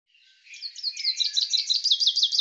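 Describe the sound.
Bird singing one continuous series of quick, evenly repeated downslurred chirps that build in loudness over two seconds.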